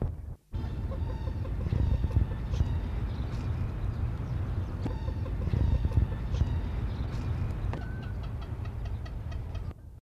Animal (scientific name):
Gallinula comeri